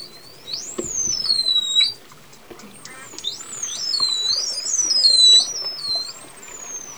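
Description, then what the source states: Dolphin whistles, a rapid series of looping, wavering tones that swoop up and down repeatedly, with occasional clicks. Dolphins recorded underwater, communicating.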